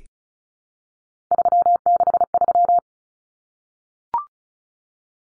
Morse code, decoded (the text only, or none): 363